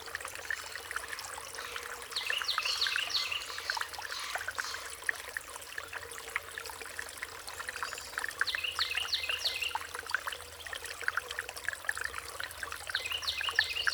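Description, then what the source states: Songbird song in repeated bursts of high, rapid downslurred notes, separated by pauses of several seconds, with a steady water trickle behind. Riparian zone.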